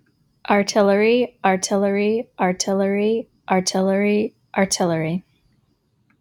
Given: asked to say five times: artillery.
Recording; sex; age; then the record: repeated word; female; 30 to 39 years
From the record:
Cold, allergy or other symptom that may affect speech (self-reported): no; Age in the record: 38 years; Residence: New York, United States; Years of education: 18